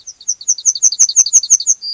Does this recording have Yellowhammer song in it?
yes